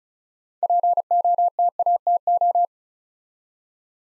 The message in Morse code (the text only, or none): POTATO